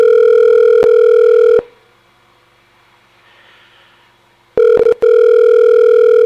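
A telephone rings down the line to a caller during a radio phone-in show: a steady, buzzy mid-pitched tone in two long bursts separated by a few seconds of quiet hiss, with sharp clicks cutting through. No one speaks.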